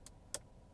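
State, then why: Seated. The adjustable plastic tab of a dashboard air vent in a 2024 Mercedes E-Class is lowered to its center position. A faint tick at 0.1 s is followed by a sharp click at 0.3 s as the tab snaps into its center detent and is seated.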